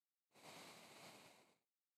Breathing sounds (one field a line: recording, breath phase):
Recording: one breath near a microphone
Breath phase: exhalation